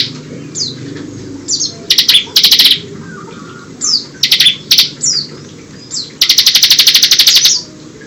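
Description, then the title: Bar-winged prinia song: scattered falling high notes and short buzzy rattles building to a long fast even trill near the end, with faint background hum. "Ciblek"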